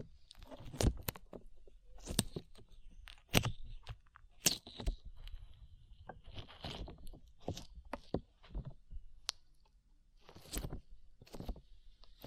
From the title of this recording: ASMR SLIME